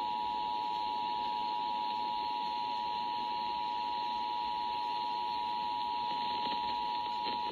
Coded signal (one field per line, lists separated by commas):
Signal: Emergency Alert System (SAME) tones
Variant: 853 and 960 Hz attention tone